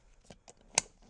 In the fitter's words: and then click them in. You should hear and audible click.